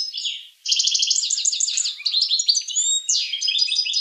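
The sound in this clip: Finch song: a short phrase, a brief pause, then a rapid, high warbling run of trilled notes and quick buzzy phrases that continues without a break.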